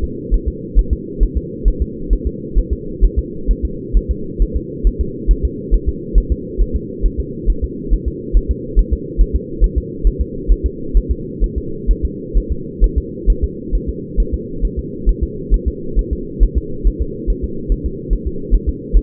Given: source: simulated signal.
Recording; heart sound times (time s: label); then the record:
fetal heart sounds
0.04 s: S2
0.34 s: S1
0.48 s: S2
0.79 s: S1
0.93 s: S2
1.23 s: S1
1.37 s: S2
1.68 s: S1
1.82 s: S2
2.13 s: S1
2.27 s: S2
2.59 s: S1
2.73 s: S2
3.04 s: S1
3.19 s: S2
3.51 s: S1
3.65 s: S2
3.97 s: S1
4.11 s: S2
4.42 s: S1
4.56 s: S2
4.87 s: S1
5.01 s: S2
5.31 s: S1
5.45 s: S2
5.74 s: S1
5.89 s: S2
6.18 s: S1
6.32 s: S2
6.62 s: S1
6.76 s: S2
7.06 s: S1
7.20 s: S2
7.50 s: S1
7.64 s: S2
7.94 s: S1
8.08 s: S2
8.37 s: S1
8.51 s: S2
8.79 s: S1
8.93 s: S2
9.21 s: S1
9.36 s: S2
9.64 s: S1
9.78 s: S2
10.07 s: S1
10.21 s: S2
10.52 s: S1
10.66 s: S2
10.97 s: S1
11.11 s: S2
11.44 s: S1
11.58 s: S2
11.91 s: S1
12.05 s: S2
12.38 s: S1
12.52 s: S2
12.84 s: S1
12.98 s: S2
13.30 s: S1
13.44 s: S2
13.75 s: S1
13.89 s: S2
14.20 s: S1
14.34 s: S2
14.65 s: S1
14.79 s: S2
15.09 s: S1
15.23 s: S2
15.54 s: S1
15.68 s: S2
15.99 s: S1
16.13 s: S2
16.43 s: S1
16.58 s: S2
16.87 s: S1
17.02 s: S2
17.30 s: S1
17.44 s: S2
17.72 s: S1
17.86 s: S2
18.13 s: S1
18.27 s: S2
18.54 s: S1
18.69 s: S2
18.97 s: S1
From the record:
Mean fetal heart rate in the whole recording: 135 bpm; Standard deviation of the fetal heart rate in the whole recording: 3 bpm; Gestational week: 36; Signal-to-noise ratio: -4.3 dB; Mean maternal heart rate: 72 bpm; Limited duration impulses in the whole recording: present